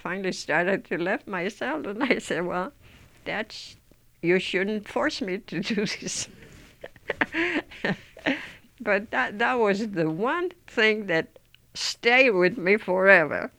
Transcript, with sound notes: I finally started to laugh myself, and I said, "Well, that's, you shouldn't force me to do this." ( she laughs ) But that was the one thing that stayed with me forever.